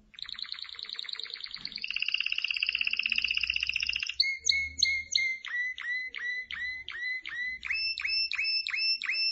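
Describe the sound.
Canary song with a long buzzy rattling trill, followed by a slower series of clear, repeated downswept whistled notes.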